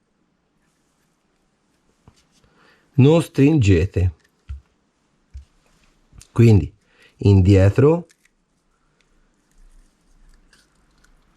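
A threaded plastic/aluminium part is being handled on an HB Racing D819RS/E819RS RC car shock absorber body, turned backwards to find the thread start during assembly. Someone talks between faint, short handling ticks and rustles. Nothing has clicked or seated yet.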